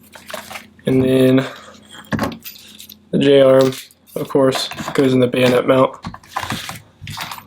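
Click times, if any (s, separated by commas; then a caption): none. A night vision monocular J-arm is handled and pushed toward the bayonet mount on the helmet mount of a Team Wendy Bump helmet while someone talks. Short clicks and rattling handling noises come between the speech. Nothing has seated or clicked into place yet.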